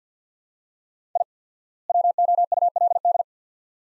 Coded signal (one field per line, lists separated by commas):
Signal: Morse code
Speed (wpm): 45 wpm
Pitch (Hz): 700 Hz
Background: none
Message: I WOULD